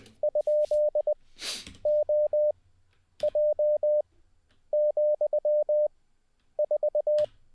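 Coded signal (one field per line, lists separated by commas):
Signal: Morse code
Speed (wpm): 20 wpm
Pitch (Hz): 600 Hz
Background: none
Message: ?OJ,4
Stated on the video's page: Morse practice sent live as part of a daily ten-minute CW learning session.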